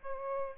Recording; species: mosquito wingbeat signal from an infrared sensor; Aedes albopictus